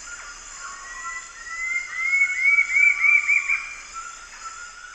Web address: Natures Songs S America Eastern Lowlands Campylorhamphus procurvoides, song